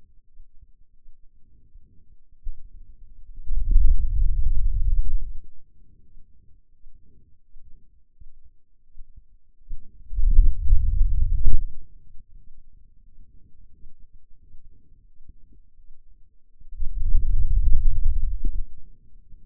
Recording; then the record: forearm muscle sounds (acoustic myography)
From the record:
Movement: hand opening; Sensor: system 2, bracelet of six BSWA MPA416 microphones around the upper forearm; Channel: 3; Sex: male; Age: 22 years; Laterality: right